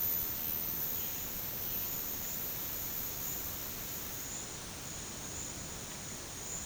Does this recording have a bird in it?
no